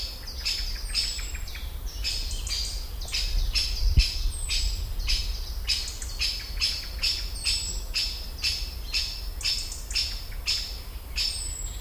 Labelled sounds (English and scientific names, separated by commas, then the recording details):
Great Spotted Woodpecker (Dendrocopos major) call
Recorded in the wild
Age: adult
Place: Botanische Anlage Blankenfelde, Berlin, DE
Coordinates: 52.603, 13.4
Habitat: park
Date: 1996-07-07 17:09
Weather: sunny, 18°C
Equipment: Sony MD-WM MZ-R3, Sennheiser MKH 416 T, Kopie Uher 4000 Report Monitor
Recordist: Tembrock, Günter